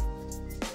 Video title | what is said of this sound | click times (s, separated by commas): Upgrade RAM di PC jadul, RAM Kingston HyperX Fury DDR3 | mengunci Oke bunyi klik gitu ya bahwa Oke | 0.6 s